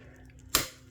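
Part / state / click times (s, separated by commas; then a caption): plastic flip piece clipping into bidet attachment body / seated / 0.6 s. A flip-down plastic piece with clips on either side is pushed into the body of a bidet attachment until it locks. Against quiet background hiss, a sharp click is heard at 0.6 s, and the piece is seated in place.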